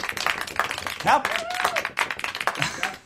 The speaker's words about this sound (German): Herzlich willkommen in meiner Show. Danke sehr. Ja, klatschen Sie ruhig, meine Damen und Herren. Sie haben allen Grund dazu.